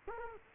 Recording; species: mosquito wingbeat signal from an infrared sensor; Culex quinquefasciatus